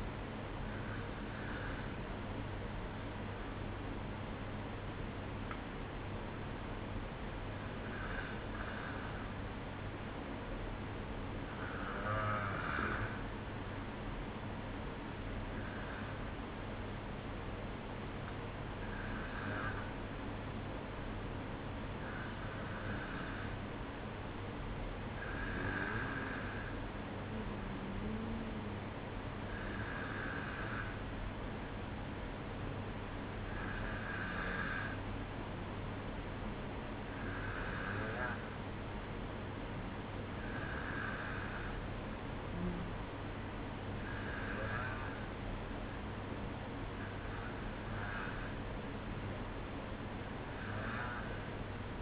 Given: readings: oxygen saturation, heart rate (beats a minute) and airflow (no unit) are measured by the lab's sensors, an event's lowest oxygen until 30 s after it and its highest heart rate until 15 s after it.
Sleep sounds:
breathing in sleep by a voice recorder at the bedside; none
none scored
From the record:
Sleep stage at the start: N1 (lightest sleep); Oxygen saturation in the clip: 93 to 94%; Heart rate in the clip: 54 to 57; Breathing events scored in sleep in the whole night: 305 in 9.6 hours asleep

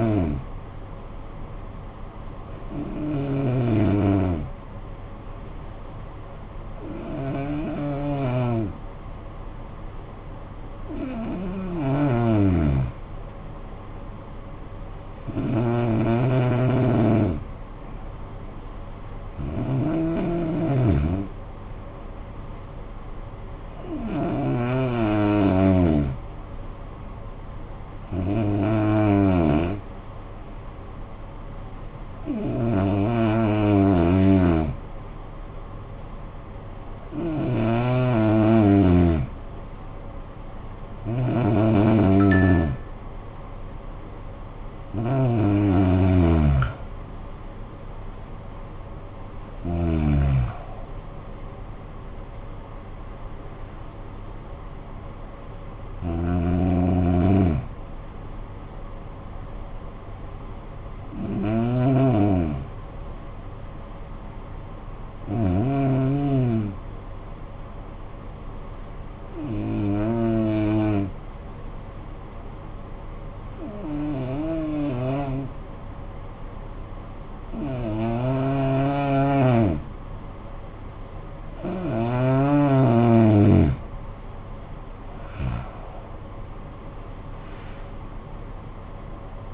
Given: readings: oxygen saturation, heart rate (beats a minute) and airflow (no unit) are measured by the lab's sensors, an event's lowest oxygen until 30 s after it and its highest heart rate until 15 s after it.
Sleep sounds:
breathing in sleep by a smartphone at the bedside; 2
4.00-36.30 s: hypopnea (N2, oxygen 93% highest, then 88% lowest, heart rate 49 at the start, 66 highest)
63.00-82.20 s: hypopnea (N2, oxygen 95% highest, then 83% lowest, heart rate 51 at the start, 66 highest)
From the record:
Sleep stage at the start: N2 (light sleep); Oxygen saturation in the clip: 85 to 95%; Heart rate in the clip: 48 to 66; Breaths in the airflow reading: 21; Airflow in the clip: -18.4 to 13.0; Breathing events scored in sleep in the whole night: 445 in 7.6 hours asleep

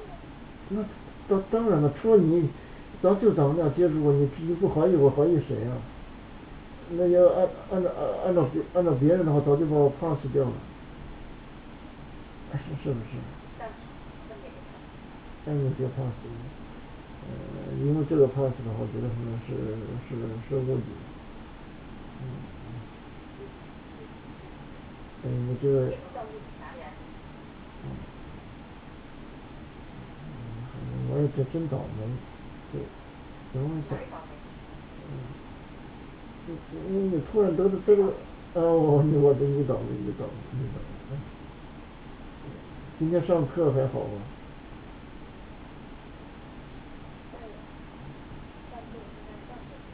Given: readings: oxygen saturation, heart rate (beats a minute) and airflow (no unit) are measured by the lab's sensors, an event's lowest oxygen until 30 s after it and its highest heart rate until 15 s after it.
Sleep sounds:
a person awake in a sleep study, by a voice recorder at the bedside; none
0.00-49.93 s: awake
From the record:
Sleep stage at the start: awake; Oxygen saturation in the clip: 95 to 97%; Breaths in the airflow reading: 13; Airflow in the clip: -6.2 to 6.5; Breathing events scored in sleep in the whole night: 216 in 7.0 hours asleep

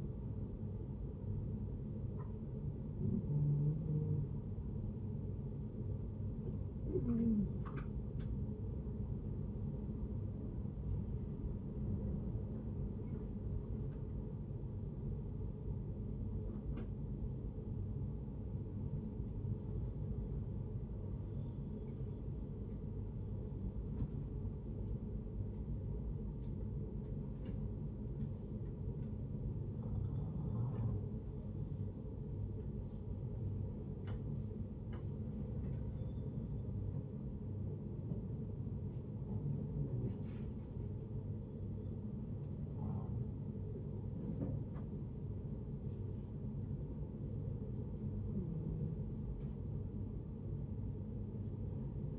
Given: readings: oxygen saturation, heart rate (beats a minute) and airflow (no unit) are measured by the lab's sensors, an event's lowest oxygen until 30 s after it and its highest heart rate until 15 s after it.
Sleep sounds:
breathing in sleep by a smartphone at the bedside; 1
27.00-39.90 s: hypopnea (N1, oxygen 94% highest, then 90% lowest, heart rate 68 at the start, 68 highest)
From the record:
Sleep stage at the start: N1 (lightest sleep); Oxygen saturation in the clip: 89 to 94%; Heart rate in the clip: 60 to 71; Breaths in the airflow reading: 12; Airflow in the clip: -6.7 to 6.2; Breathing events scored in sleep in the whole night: 496 in 5.4 hours asleep

